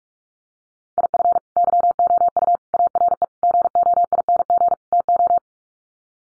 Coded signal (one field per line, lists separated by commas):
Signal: Morse code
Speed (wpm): 44 wpm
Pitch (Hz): 700 Hz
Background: none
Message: IF YOU ARE GOING TO